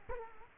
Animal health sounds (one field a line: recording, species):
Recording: mosquito wingbeat signal from an infrared sensor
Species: Culex quinquefasciatus